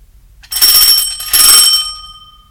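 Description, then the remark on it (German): A bright electric doorbell at a family's front door rings in two bursts, a shimmering metallic ring with high overtones, the second burst fading out into a lingering tone. “Am Freitag klingelt Herr Müller an der Haustür von Familie Wünsch.”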